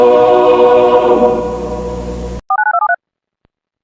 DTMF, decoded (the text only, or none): 49273